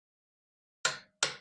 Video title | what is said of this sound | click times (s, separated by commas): Cleaning the RS (part 4) rear arch, caliper removal and wheel cleaning (plus wheel nut rant!) | Wait till it clicks. | 0.9 s, 1.2 s